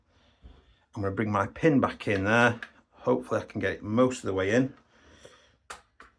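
Someone talks while pushing the metal takedown pin back through the receivers of a Delta Armory Freya Gen.2 airsoft rifle by hand, followed by two brief sharp taps near 5.7 and 6.0 seconds. The pin does not go in and nothing has seated or clicked yet, so it will have to be tapped in.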